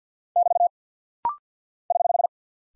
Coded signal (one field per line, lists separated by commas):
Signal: Morse code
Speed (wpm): 48 wpm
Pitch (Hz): 700 Hz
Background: none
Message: <BT> <HH>